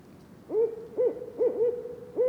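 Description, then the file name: Barred owl hooting: several rounded hoots, each rising and falling slightly, some closely paired. Recorded in Mont-Tremblant National Park on 21 March 2018. "loiseau-son-chouette-rayecc 81 e-chant-parc-national-du-mont-tremblant"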